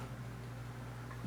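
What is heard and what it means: A plastic shield part is being handled and fitted onto the gun of a scale model kit, over a steady low hum and faint background noise. A brief soft shift in sound comes near 1.2 seconds, but nothing has seated or clicked yet.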